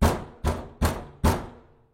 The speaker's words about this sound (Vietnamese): Cho đến khi tiếng gõ cửa dồn dập sát bên tai nghe chói vô cùng thì Hòa mới hoàn toàn tỉnh giấc. Chỗ Hòa nằm sát cửa sổ, và thứ âm thanh kia lại đang được gõ lên ngay cái cửa sổ đấy.